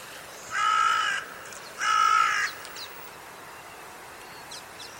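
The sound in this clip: Two harsh, nasal bird caws in quick succession, then only faint high twitters and clicks.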